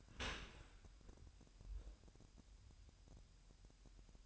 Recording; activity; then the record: daily activity, microphone in the room; open dishwasher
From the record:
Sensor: 2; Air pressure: 998.0 hPa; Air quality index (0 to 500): 149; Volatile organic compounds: 4 ppm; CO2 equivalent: 1686 ppm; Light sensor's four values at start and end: 9/29/11/11 and 9/29/11/11